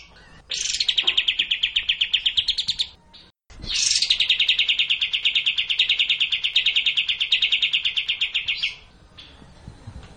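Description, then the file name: Streak-eared bulbul giving two long, rapid chattering trills, each starting with a sharp upward note, separated by a brief pause. Masteran (training recording for cage birds). "kapas tembak masteran"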